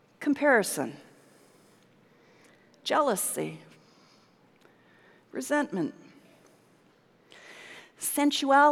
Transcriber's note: none